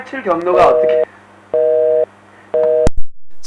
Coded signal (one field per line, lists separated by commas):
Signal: telephone call progress tone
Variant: North America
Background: speech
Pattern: busy tone